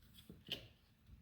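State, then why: Not seated. A wiper blade's plastic adapter latch is handled against the wiper arm hook on a 2019 Toyota Highlander. Brief low rubbing and handling sounds are heard, with a soft scrape near 0.5 s. Nothing has seated or clicked yet.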